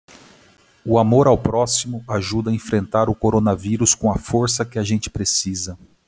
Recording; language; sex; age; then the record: spoken sentence; Brazilian Portuguese; male; 40 to 49 years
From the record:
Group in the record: control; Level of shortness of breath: 0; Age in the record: 45 years